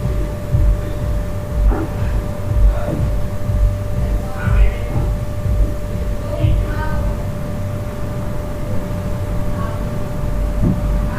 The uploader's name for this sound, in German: Abenteuerliche Geräusche aus einem Hostelzimmer in Mittelamerika